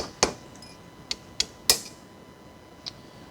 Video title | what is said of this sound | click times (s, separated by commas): Episode 46 Part 1 - 1986 Porsche 944 Turbo Restoration - Pinion Shaft Assembly | Well that snapped right in. | 1.7 s